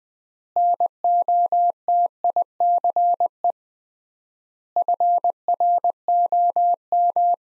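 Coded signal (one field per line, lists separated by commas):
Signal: Morse code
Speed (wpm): 21 wpm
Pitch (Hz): 700 Hz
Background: none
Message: NOTICE FROM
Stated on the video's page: Morse sentence practice at 20wpm with 3x word spacing, similar to Farnsworth method applied to words.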